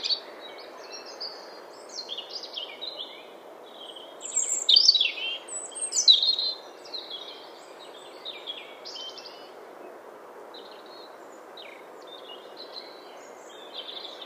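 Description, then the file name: European robin song, high tinkling and warbled notes scattered throughout, loudest in a short burst near the middle, softer fragments before and after, with steady background hiss. "Erithacus rubecula"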